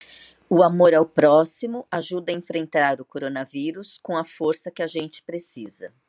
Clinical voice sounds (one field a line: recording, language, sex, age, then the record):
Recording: spoken sentence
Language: Brazilian Portuguese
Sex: female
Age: 50 to 59 years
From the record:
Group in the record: control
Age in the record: 56 years